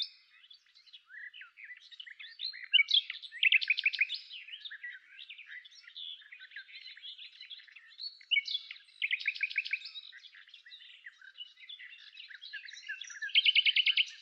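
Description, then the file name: Common nightingale song: quiet varied twitters broken by three short bursts of rapid, loud repeated notes spaced several seconds apart. "Luscinia megarhynchos"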